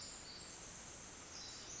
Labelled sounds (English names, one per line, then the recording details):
Pacific Wren
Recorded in Sonoma County, California